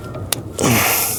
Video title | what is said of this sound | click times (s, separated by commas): How to Replace Ignition Lock Cylinder on 1982–1992 Pontiac Firebird Step by Step - DIY | Make sure you hear that click when installing back the harness. | 0.3 s